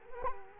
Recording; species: mosquito wingbeat signal from an infrared sensor; Culex quinquefasciatus